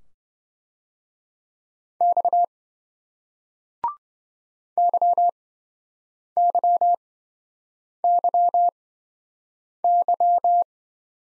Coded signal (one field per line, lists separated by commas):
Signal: Morse code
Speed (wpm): 27 wpm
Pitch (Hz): 700 Hz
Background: none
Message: X YYYY